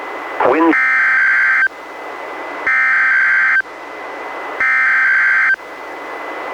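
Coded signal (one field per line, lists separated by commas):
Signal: Emergency Alert System (SAME) tones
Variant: header bursts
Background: speech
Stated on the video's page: NWR Required Weekly Tests from KEC91 in Astoria, issued by NWS Portland and recorded from a Reecom R-1630 weather radio; the first was mistakenly toned statewide.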